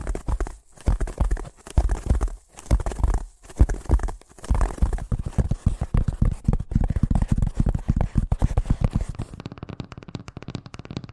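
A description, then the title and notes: Fast tapping in dense, irregular bursts of quick knocks with brief pauses early on, becoming steadier and duller near the end. ASMR Braingasm Inducing Fast Tapping (No Talking).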